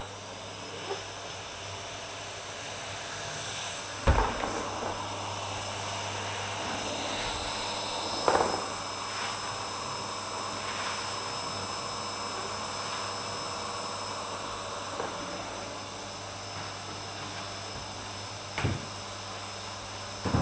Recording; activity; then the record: daily activity, microphone in the room; vacuum cleaning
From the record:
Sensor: 2